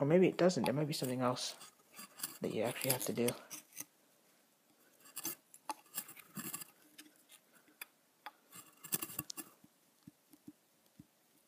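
Someone talks while pushing the right wing of a metal 1:200-scale SkyMarks Air Canada Boeing 787-8 model airliner into its slot in the fuselage, a tight fit made so nothing breaks if the model is dropped. Talk is followed by scattered light clicks, scrapes and taps of handling. The wing has not popped in yet; nothing has seated or clicked.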